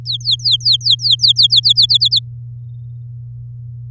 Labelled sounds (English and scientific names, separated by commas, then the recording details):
Domestic Canary (Serinus canaria) song
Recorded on 10 May 2018 at 12:02
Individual llb16